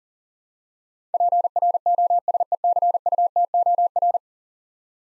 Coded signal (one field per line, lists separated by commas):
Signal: Morse code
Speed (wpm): 40 wpm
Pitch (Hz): 700 Hz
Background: none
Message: PROSECUTOR